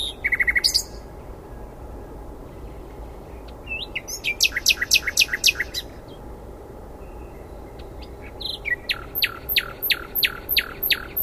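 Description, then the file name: Common nightingale singing varied phrases: a quick stuttered burst, a pause, a throbbing repeated series, then a string of sharp, evenly spaced whistled notes at the end. "Luscinia megarhynchos"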